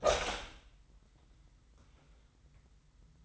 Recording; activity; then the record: daily activity, microphone in the room; open door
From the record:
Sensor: 3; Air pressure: 990.4 hPa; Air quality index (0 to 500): 174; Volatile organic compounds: 1000 ppm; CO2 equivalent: 5649 ppm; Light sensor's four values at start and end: 49/114/47/44 and 48/114/46/44